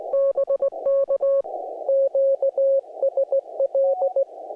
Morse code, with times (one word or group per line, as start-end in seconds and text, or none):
0.1-1.4 BK
1.9-4.2 QSL